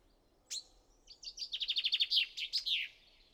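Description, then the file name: Common chaffinch song: one sharp opening note, then a rattling run of rapid notes closing with an emphatic terminal flourish. "Fringilla coelebs"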